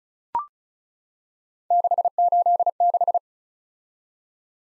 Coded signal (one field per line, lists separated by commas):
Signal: Morse code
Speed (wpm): 36 wpm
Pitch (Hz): 700 Hz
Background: none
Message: 686